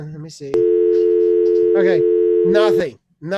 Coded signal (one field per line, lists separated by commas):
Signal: telephone call progress tone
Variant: North America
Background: speech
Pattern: dial tone